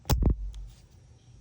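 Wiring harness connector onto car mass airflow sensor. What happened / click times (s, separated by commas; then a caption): The plastic connector snapped into place / 0.3 s. A wiring harness plug is pushed back onto a car's mass airflow sensor after cleaning. After a brief rustle near 0.1 s, the plastic latch gives a sharp click at 0.3 s, followed by a faint tick around 0.5 s and a low steady hum. The connector is fully seated.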